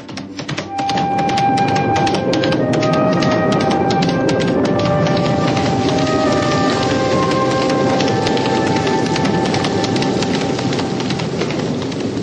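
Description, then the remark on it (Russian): Steady, heavy thunderstorm rain pours down in a dense, unbroken hiss, with scattered sharp drops pattering throughout and faint ringing tones threaded through. No voices are heard. “Быть сегодня над перебродом в грозе, а чего доброго даже и с градом.”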